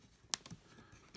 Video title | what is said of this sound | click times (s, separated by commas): Tobot V Tank Guy Review | And there's a little track you just want to make sure you hook onto, and you'll hear it click in. | 0.3 s